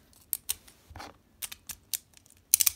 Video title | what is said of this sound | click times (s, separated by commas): B-102 Twin Nemesis.3H.Ul - ULTIMATE REBOOT! - Unboxing, Review and Battle! [Beyblade Burst God] | okay so it has a very nice click and overall | 2.5 s